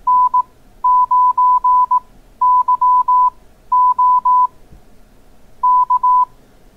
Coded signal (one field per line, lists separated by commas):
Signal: Morse code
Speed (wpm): 18 wpm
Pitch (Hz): 1000 Hz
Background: none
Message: N9YO K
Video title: Learn CW Morse Code | How to Call CQ | Absolute Beginners